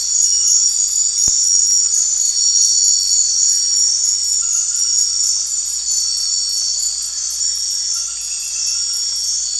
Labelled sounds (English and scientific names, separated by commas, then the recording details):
none
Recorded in secondary vegetation near Puerto Asís, Putumayo, Colombia, on 4 March 2025 at 21:00
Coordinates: 0.499, -76.323
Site G094